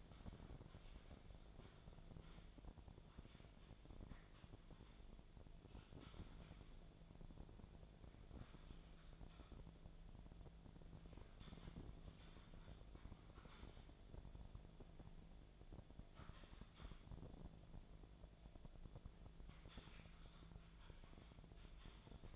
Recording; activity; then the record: daily activity, microphone in the room; typing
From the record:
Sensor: 5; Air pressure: 1000.3 hPa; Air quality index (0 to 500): 116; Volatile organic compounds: 1 ppm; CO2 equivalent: 928 ppm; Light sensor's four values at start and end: 123/290/125/134 and 120/283/121/131